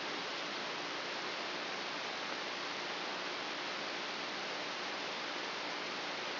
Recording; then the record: brain microelectrode recording played as sound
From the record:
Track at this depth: inside the subthalamic nucleus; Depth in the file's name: 4.502 mm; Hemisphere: left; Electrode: 2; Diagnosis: Parkinson's disease